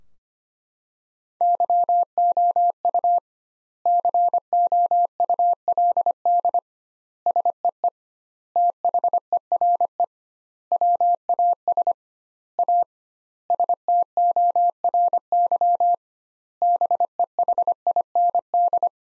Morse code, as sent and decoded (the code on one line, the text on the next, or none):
-.-- --- ..- / -.-. --- ..- .-.. -.. / ... . . / - .... . .-. . / .-- .- ... / .- / ... - --- .-. -.-- / -... . .... .. -. -..
YOU COULD SEE THERE WAS A STORY BEHIND